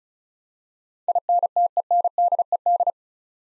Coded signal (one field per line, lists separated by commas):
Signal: Morse code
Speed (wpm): 36 wpm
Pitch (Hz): 700 Hz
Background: none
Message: INTENDED